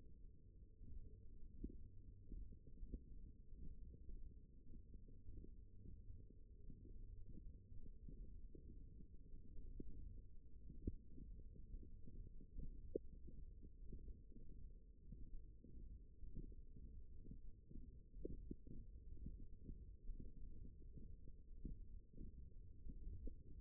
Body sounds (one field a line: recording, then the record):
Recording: forearm muscle sounds (acoustic myography)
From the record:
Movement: hook grip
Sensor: system 1, eight BSWA MPA416 microphones around the upper forearm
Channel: 4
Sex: female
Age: 21 years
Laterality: right